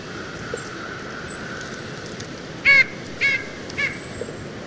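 White-breasted nuthatch nasal calls, three short harmonic notes in the second half, the first strongest, over steady background hiss.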